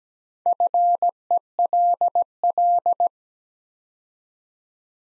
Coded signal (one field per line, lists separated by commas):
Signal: Morse code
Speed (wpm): 17 wpm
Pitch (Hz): 700 Hz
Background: none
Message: FELL